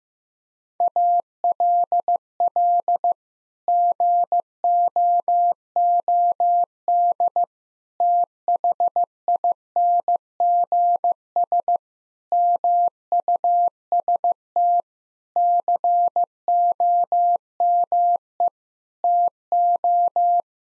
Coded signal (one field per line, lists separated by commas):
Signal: Morse code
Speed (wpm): 16 wpm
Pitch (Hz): 700 Hz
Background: none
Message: ALL GOOD THINGS MUST COME TO